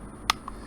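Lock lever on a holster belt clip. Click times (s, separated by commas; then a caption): 0.3 s. A small lock lever on the belt clip of a Forged Tec Taurus G3 holster is slid over the clip's steel locking bar. At 0.3 s there is a sharp, bright click, followed by a much fainter tick at about 0.5 s. The lever locks the clip shut, so the release button no longer works.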